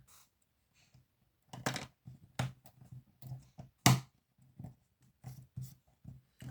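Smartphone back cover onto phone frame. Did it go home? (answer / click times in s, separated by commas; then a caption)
yes / 1.7 s, 2.4 s, 3.9 s. The plastic back cover of a Wiko Power U10 smartphone is pressed back onto the phone frame by hand and clips into place, snapping at 1.7 s, 2.4 s and 3.9 s, with the last snap the loudest. Softer handling clicks and taps come before and after, and the cover is seated, clipping on very easily.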